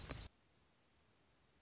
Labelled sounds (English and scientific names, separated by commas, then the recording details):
Anna's Hummingbird (Calypte anna)
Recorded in Sonoma County, California